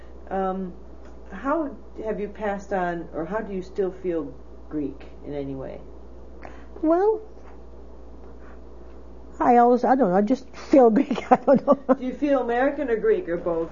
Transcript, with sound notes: How have you passed on, or how do you still feel Greek in any way?
Well, I always, I don't know, I just feel Greek. ( she laughs ) I don't know.
Do you feel American or Greek or both, or...